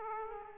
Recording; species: mosquito wingbeat signal from an infrared sensor; Aedes aegypti